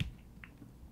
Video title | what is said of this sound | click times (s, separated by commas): HOW TO FILL A FOUNTAIN PEN WITH INK- Bottled ink and Ink Samples! | I can hear it snap | 0.0 s